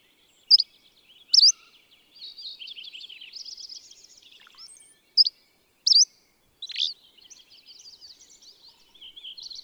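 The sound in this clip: Bird song: bright high chirps at irregular intervals among continuous busy twittering and warbling chatter.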